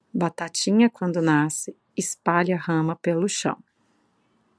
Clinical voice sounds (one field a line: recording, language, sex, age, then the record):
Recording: short text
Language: Brazilian Portuguese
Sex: female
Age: 30 to 39 years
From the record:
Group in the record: control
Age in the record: 37 years